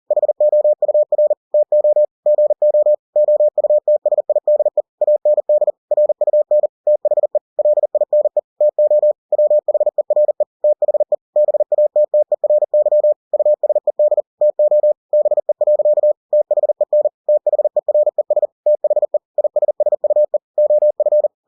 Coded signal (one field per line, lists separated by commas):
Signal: Morse code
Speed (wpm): 40 wpm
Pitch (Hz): 600 Hz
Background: none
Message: HOUR TO GO OUTSIDE AND RUN THE LINE TO WHERE THE BATTERY USED TO BE. THEN THERES THE ISSUE OF